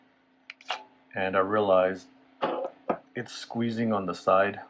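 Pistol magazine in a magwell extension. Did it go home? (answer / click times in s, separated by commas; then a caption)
no / none. A pistol magazine is pushed gently into a tight aftermarket magwell extension, with short contact knocks at about 0.5, 0.6, 0.7, 2.4 and 2.9 seconds while someone talks. The magazine does not catch on the magazine catch, so nothing has seated or clicked.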